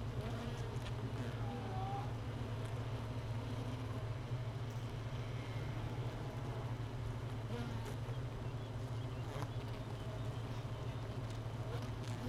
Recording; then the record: honeybee colony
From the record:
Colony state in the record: missing queen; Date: 31 May 2018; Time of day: 13:20